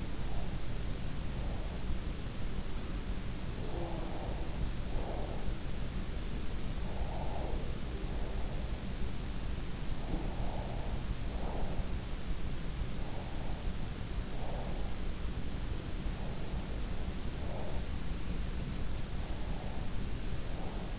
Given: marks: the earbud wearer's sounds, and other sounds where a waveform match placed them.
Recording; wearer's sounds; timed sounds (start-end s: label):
sounds in sleep by an in-ear microphone; breath
0.00-1.76 s: breath
3.48-5.54 s: breath
6.81-8.74 s: breath
9.99-11.98 s: breath
13.03-14.83 s: breath
16.17-17.82 s: breath
19.27-20.99 s: breath